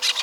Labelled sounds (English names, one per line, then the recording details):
Brown-throated Parakeet contact call
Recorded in Venezuela
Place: Guárico; Corozopando; Fundo La Fe
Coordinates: 8.506, -67.593